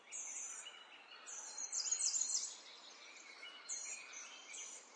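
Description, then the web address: Birds singing: repeated high phrases, with a louder, denser burst in the middle. Birds in a forest. "Lynne Music. Nature Birds. forest"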